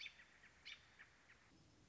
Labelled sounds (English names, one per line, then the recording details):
American Robin
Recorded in Sonoma County, California